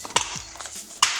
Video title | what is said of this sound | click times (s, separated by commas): Dell Inspiron 15 (7570) von Innen - RAM, SSD, Akku, Lüfter wechseln | er sehr gut wie alles wieder einrastet auch in der mitte sind ein roststellen und | 0.2 s, 1.0 s